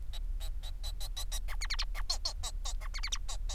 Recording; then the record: song of a male Bengalese finch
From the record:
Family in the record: son of father 4